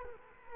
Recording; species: mosquito wingbeat signal from an infrared sensor; Culex quinquefasciatus